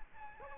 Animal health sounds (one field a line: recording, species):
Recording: mosquito wingbeat signal from an infrared sensor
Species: Aedes aegypti